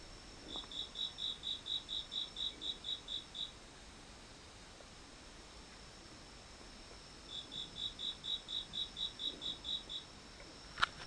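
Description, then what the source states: Insect call in bursts of rapid, regular high chirps, silent for a few seconds between bursts, with a sharp click at the very end. Recorded 15 September 2023, 13:21.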